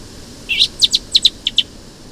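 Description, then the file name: Eurasian blackbird giving sharp, high call notes, seven quick notes mostly in closely spaced pairs within about a second, against a quiet background. "Turdus merula"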